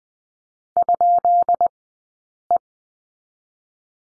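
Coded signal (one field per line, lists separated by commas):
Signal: Morse code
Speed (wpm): 20 wpm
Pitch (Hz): 690 Hz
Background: none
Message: ?E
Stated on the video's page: Morse course lesson on the question mark, Farnsworth 20/10wpm.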